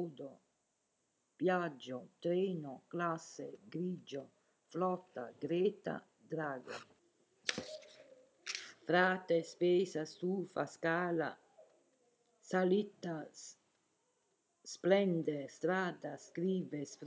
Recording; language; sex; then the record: read list of words; Italian; female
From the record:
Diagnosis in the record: healthy control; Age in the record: 70 years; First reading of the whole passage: 149 s, 3.0 characters per second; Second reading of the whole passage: 105 s, 4.4 characters per second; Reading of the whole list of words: 65 s, 4.0 characters per second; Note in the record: marked for poor recording quality or reading difficulty